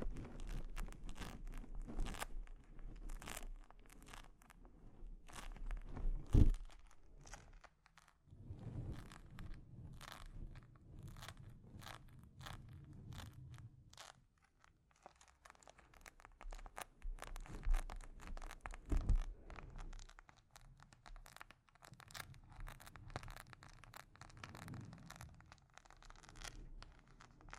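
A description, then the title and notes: Delicate scratching and tapping on a microphone, a dense run of crisp, dry crackles and crinkly scrapes that rarely pause. Sharper taps stand out, with a loud knock near six seconds and another near nineteen, over a soft low rumble that swells at times. ASMR Delicate Mic Scratching and Tapping Triggers.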